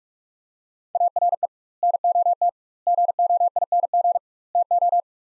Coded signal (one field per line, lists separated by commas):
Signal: Morse code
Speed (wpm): 46 wpm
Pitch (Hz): 700 Hz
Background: none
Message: ARE NOT GOING TO